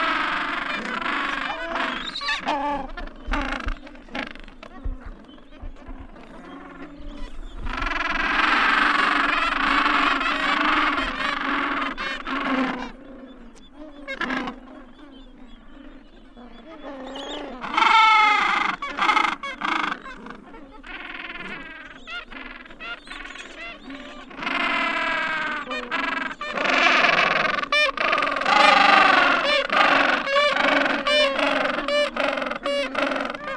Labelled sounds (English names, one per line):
Gentoo Penguin call